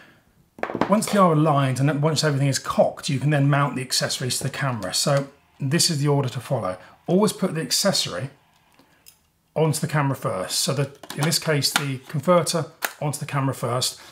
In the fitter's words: make sure it clicks positively into into position and then add the lens to